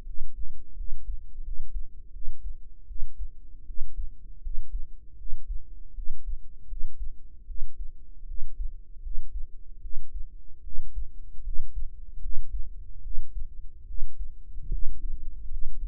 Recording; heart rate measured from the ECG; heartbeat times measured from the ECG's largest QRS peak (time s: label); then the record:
heart sounds by microphone in the right ear; 78 bpm
0.05 s: heartbeat
0.75 s: heartbeat
1.42 s: heartbeat
2.11 s: heartbeat
2.86 s: heartbeat
3.64 s: heartbeat
4.41 s: heartbeat
5.16 s: heartbeat
5.93 s: heartbeat
6.67 s: heartbeat
7.45 s: heartbeat
8.25 s: heartbeat
9.01 s: heartbeat
9.80 s: heartbeat
10.62 s: heartbeat
11.42 s: heartbeat
12.19 s: heartbeat
13.01 s: heartbeat
13.85 s: heartbeat
14.69 s: heartbeat
15.48 s: heartbeat
From the record:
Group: healthy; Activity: rest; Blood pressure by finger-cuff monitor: 98/56 mmHg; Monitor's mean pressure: 70 mmHg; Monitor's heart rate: 78 bpm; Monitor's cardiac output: 7.2 L/min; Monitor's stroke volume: 91 mL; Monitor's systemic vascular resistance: 690 dyn s/cm5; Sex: female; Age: 19 years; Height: 163 cm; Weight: 48.9 kg